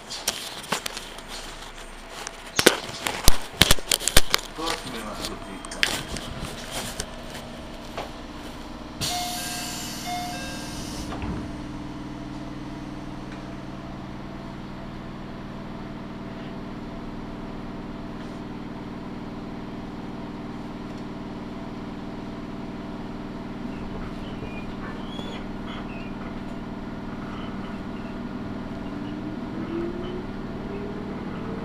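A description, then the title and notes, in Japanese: A train on the Tokaido Line at Hamamatsu: the first eight seconds bring loud, sharp clanks and knocks, then a bright hiss of air bursts out for about two seconds. After that a steady low motor hum settles in and holds, with faint voices beneath. 東海道本線 浜松→豊橋。6:20発の豊橋行きに乗車して。多少は通勤通学ラッシュにも入りこみます。ホームで列車がくるのを待ちながら乗りこむ。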